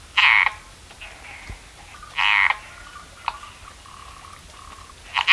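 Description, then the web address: Frog calls: a few short harsh croaks at irregular intervals, with fainter tonal notes between them. "Frogs World. call voice"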